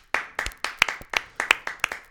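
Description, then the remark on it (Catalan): A brief round of applause for the Escola Pia futsal team: about eight sharp, crisp hand claps in a quick, fairly steady rhythm over two seconds, moderately loud, with no voices. “Escola Pia, Ojo, que es va enfrontar amb el Marfil de Santa Coloma i el Barça l'any passat, Ojo, un aplaudiment.”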